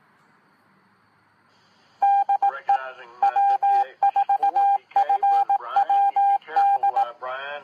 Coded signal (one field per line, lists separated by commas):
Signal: Morse code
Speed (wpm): 18 wpm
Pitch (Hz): 800 Hz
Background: speech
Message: DE W4FWD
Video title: Carroll County ARES (Amateur Radio Emergency Service) Net - 3/30/2017